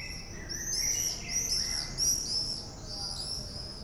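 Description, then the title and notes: Common swift screaming, a dense chorus of thin, shrill, rasping screams that rise and fall in quick succession. Recorded in Bonn old town in July 2006. "bonn altstadt, mauersegler - mauersegler im juli 2006. Mauersegler, Bonn, Juli 2006. by maik johannsen"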